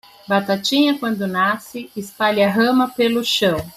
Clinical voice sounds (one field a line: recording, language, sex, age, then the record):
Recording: short text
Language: Brazilian Portuguese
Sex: female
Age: 40 to 49 years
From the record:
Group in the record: control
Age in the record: 48 years